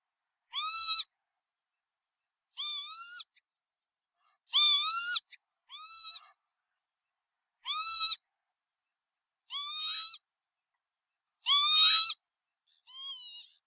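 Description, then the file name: Northern lapwing giving a series of rising, slurred cries, spaced roughly every one to two seconds against a quiet background. "canto do abibe comum"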